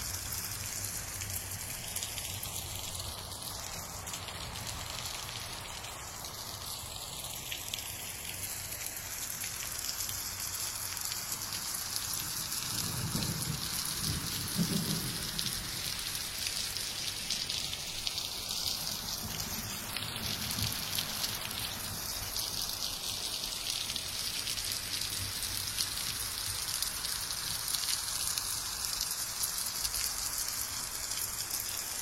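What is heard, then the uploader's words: Steady, dense rain hisses evenly for the whole stretch, bright. Low rumbles swell briefly around the middle, like thunder, and a couple of sweeping whooshes pass through near the start and again around twenty seconds. Extremely delicate atmosphere of rain and thunder.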